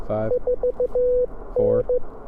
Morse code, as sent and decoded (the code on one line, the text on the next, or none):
....- -.
4N